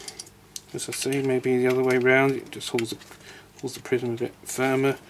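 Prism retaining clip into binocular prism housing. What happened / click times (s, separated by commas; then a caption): The metal retaining clip snapped into place / 0.6 s. Someone presses a metal spring clip back over a Porro prism inside the housing of a budget Porro binocular, and it seats with a sharp short click at 0.6 s after a couple of faint taps. Someone then talks over the rest of the clip.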